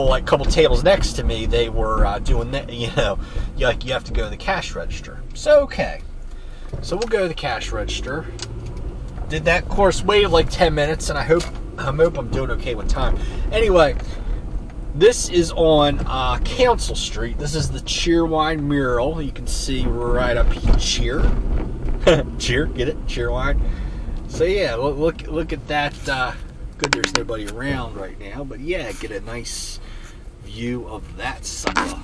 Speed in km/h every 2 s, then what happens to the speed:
42, 24, 11, 8, 11, 15, 21, 23, 18, 16, 19, 24, 19, 11, 8, 10.
0-5 brakes to 8. 5-13 speeds up to 23. 17-23 speeds up to 24. 23-28 slows to 8.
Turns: 4-11.